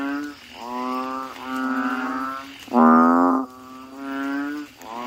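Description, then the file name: Asian common toad calls: several drawn-out, buzzy harmonic notes in quick succession, one louder and harsher in the middle. "suara kodok bangkong"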